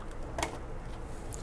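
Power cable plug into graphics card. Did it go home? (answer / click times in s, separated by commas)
yes / 1.3 s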